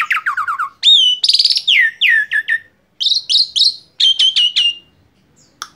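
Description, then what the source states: Asian pied starling song: quick runs of falling whistled notes in short bursts, then rising and ringing clipped whistles, ending with a sharp click, over a quiet background. Masteran, a training recording played to teach caged songbirds.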